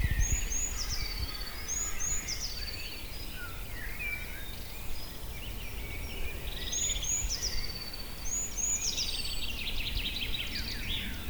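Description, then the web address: Birds singing, a clear high whistled phrase sliding downward repeated several times among other chirps and trills, over low background rumble. Recorded in Auquainville, France, during a holiday in 2001. "Holiday 2001 in France Auquainville - more birds"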